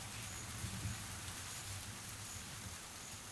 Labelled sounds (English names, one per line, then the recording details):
none
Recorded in pastures near Puerto Asís, Putumayo, Colombia, on 25 June 2025 at 13:30
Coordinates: 0.487, -76.322
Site H26